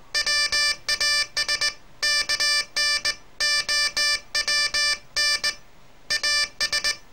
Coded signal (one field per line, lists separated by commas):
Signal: Morse code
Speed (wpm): 19 wpm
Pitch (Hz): 1750 Hz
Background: none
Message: WAS KNOWN AS